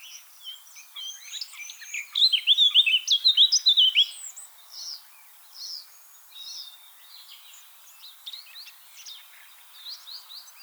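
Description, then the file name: Eurasian blackcap delivers a loud, quick run of sharp whistled notes for about two seconds, with softer chirping and warbling before and after. "Sylvia atricapilla"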